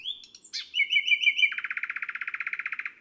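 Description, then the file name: Common nightingale song: soft notes and a harsh note, a few looping whistles, then a long, even, rapid trill. "Rossignol philomele"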